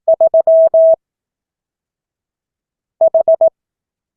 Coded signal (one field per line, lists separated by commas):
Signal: Morse code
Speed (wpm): 18 wpm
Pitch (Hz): 650 Hz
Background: none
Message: 3 H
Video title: Morse code class 2024-07-28 (4 of 12)